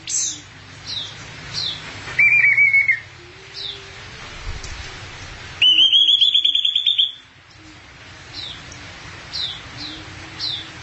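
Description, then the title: Thrush song with rapid trilled phrases, one low then one higher and longer, set among softer high chirps and whistles. "burung anis x"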